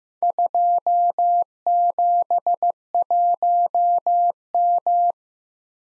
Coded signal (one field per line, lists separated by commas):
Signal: Morse code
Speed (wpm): 15 wpm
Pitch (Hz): 700 Hz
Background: none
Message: 271M